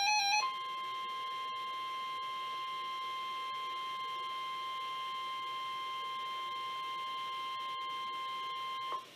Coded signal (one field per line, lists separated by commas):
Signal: Emergency Alert System (SAME) tones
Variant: 1050 Hz attention tone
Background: music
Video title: EAS #1431 - Severe Thunderstorm Warning 2-24-2016